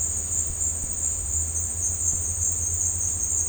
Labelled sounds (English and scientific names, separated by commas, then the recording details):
none
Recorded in dense forest near Puerto Asís, Putumayo, Colombia, on 20 December 2024 at 16:00
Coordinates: 0.466, -76.327
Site G075